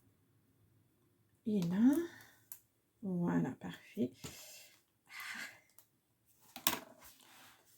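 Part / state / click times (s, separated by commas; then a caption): fastener piece on a paper scrapbook album / seated / 6.7 s. A closure piece is pressed into place on a handmade paper scrapbook album while someone talks. A small, sharp click is heard at 6.7 seconds as the piece snaps in and seats properly.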